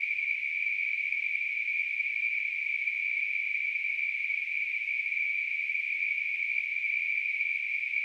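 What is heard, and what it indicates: Simulated tinnitus: a steady, narrow band of hissing noise centered near 2.3 kHz, unchanging in pitch and loudness throughout, with a faint higher band near 4.5 kHz and nothing below about 1.3 kHz.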